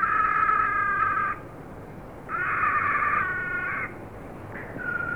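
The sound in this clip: Hyrax giving loud harmonic screaming calls, two long harsh bursts of about a second and a half each, then a shorter one starting.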